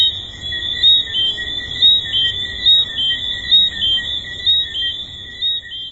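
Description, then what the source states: Chorus of tree frogs, short high chirps repeated above a steady high drone. Several tree frogs recorded at Hedonism II resort.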